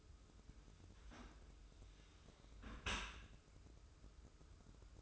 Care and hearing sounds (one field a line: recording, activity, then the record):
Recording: daily activity, microphone in the room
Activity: close dishwasher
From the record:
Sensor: 2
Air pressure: 995.7 hPa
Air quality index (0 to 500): 96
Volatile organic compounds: 5 ppm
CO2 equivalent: 1782 ppm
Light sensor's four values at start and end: 25/81/32/31 and 25/81/32/31